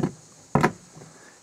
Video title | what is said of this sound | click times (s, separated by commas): Home Depot Halloween Casket Prop - Unboxing, Setup and Review | it just snaps right into place and let's see how it looks now | 0.6 s